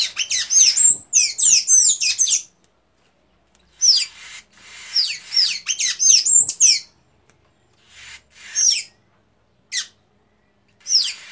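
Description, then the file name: Tanager song: rapid bursts of high, sharp, upslurred and looping whistled notes in dense phrases, separated by short pauses, with a few single notes near the end. "canto da pipira da amazonia"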